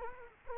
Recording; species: mosquito wingbeat signal from an infrared sensor; Culex quinquefasciatus